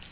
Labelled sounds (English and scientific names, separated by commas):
Yellow-rumped Warbler (Setophaga coronata) flight call